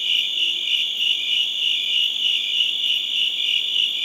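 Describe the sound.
Cricket gives a continuous high ringing trill that swells and pulses about three times a second.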